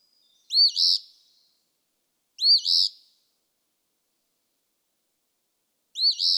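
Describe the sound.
Eastern Phoebe song: three scratchy fee-bee phrases separated by pauses, the last one cut off, no other sounds.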